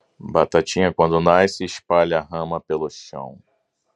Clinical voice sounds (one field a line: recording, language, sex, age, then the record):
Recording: short text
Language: Brazilian Portuguese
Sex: male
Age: 40 to 49 years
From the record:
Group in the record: control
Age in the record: 46 years